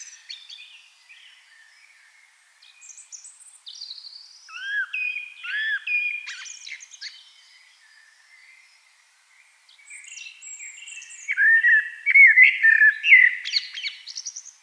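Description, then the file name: Eurasian blackbird singing two rich, low warbled phrases separated by a pause, each with fluty slurred notes and a squeaky tail; fainter high notes fill the gaps. "Turdus merula"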